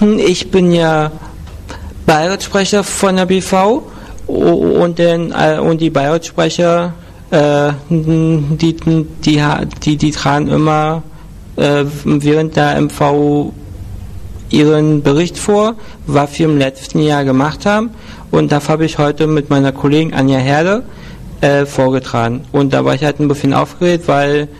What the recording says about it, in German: Ich habe ja, glaube ich, fast gar nicht gestottert oder wenig gestottert.